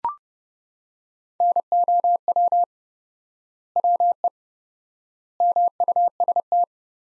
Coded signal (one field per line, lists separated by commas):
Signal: Morse code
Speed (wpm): 31 wpm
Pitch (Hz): 700 Hz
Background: none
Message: NOW WE MUST